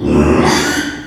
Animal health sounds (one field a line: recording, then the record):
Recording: squeal of a Yucatan mini pig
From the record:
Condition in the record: after surgery on the right vocal fold (resection and tissue-engineered implant)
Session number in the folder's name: 3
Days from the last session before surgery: 33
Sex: male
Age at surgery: 12 weeks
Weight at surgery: 13 kg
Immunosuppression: cyclosporine, prednisolone